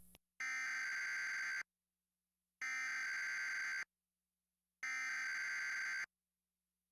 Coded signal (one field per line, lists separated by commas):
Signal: Emergency Alert System (SAME) tones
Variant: header bursts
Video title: Eas tornado watch #555 October 31 2013